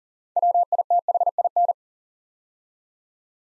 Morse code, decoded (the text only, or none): WITHIN